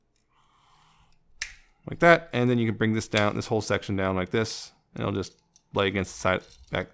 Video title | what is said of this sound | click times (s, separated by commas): Transformers War for Cybertron: Earthrise Grapple | it around there's little tabs here on the side which will latch in this little thing right here like | 1.4 s